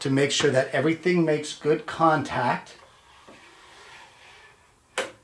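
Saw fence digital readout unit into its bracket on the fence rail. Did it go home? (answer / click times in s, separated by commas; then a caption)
yes / 5.0 s. A digital readout unit is fitted onto its mounting bracket on a table saw fence rail to test contact. Someone talks for the first few seconds, then after a quiet stretch a single sharp click at 5.0 s marks the unit seating into the bracket.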